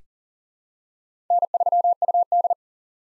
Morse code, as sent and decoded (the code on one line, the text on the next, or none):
-. ...-- ..- -..
N3UD